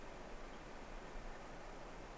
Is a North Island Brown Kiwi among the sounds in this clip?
no